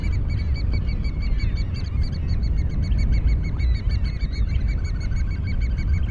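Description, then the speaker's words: American oystercatcher piping calls, dense overlapping series of shrill notes running continuously, partly buried under loud low surf-like roar. Large shorebirds with red beaks used to pry open shellfish; found on beaches of Long Island's South Shore in spring and summer. "This is WSHU's Birdsong Break, and this week's bird is the American oystercatcher."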